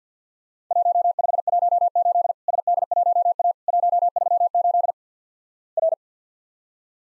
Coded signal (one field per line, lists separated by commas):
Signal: Morse code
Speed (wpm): 50 wpm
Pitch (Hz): 700 Hz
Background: none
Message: 1518 SD1A 138 R